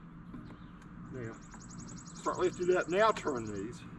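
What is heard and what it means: Someone talks while lifting the folding handle of a Generation 4 Kobalt battery-powered lawn mower, Model 1040A-03, and turning its blue locking knobs, with a faint high-pitched ticking running through most of the clip. The handle latch has not yet snapped into position in the lawn mower frame, so nothing has seated or clicked yet.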